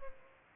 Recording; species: mosquito wingbeat signal from an infrared sensor; Culex pipiens